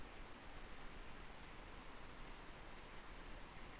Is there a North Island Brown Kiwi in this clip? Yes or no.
no